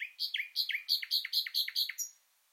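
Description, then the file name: Common nightingale song: a rapid series of several loud repeated downslurred notes, ending with a brief whistle. "Luscinia megarhynchos"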